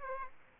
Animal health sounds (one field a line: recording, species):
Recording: mosquito wingbeat signal from an infrared sensor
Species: Aedes aegypti